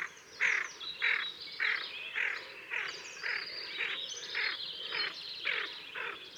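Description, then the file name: Tufted duck rough growling notes repeated about twice per second in a steady series, with thin high whistles behind. "Kuifeend Aythya fuligula"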